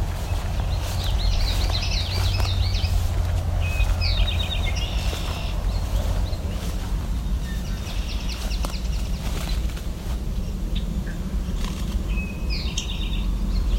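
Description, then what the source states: Eastern Towhee song: several short, high trilled phrases over a steady low rumble. Part of the 'drink your tea' song, recorded at Fletcher Creek Ecological Preserve.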